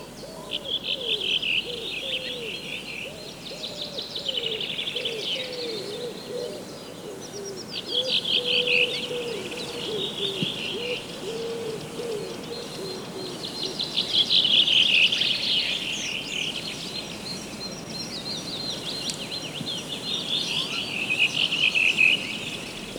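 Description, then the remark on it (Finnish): A dense spring forest bird chorus, with many overlapping high chirps, trills and warbles forming a continuous bright wash, and a steady low hum and insect-like buzz underneath. No one speaks. “Keväinen metsä on täynnä vehreyttä, se pursuaa elämäniloa ja lintujen laulua.”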